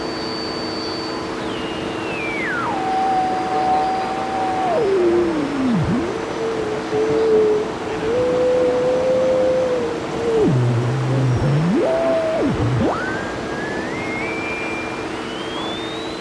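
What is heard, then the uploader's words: A shortwave radio being swept under voltage control, its tuning whistle gliding down in steps from a high pitch to a low growl, dipping and wobbling midway, then sliding back up high by the end. A steady hum and hiss run underneath throughout. My first nighttime voltage controlled shortwave radio experiment with a 25 foot antenna.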